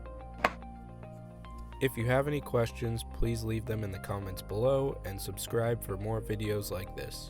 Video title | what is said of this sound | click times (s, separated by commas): Battery Pack Cat. #2960.47 Replacement Procedure | press the battery down until you hear the click of the locking mechanism | 0.5 s